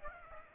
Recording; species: mosquito wingbeat signal from an infrared sensor; Aedes aegypti